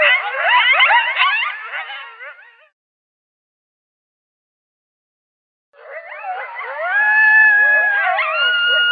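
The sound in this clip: Coyote yipping chorus of fast, wavering yelps, then a silence of about three seconds, followed by drawn-out howls with steady and falling tones.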